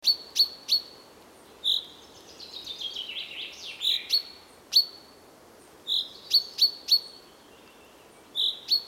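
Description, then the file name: Common chaffinch calls: sharp, high metallic chinks in quick pairs and clusters, with a softer, lower rambling warble sliding downward through the middle. "Fringilla coelebs"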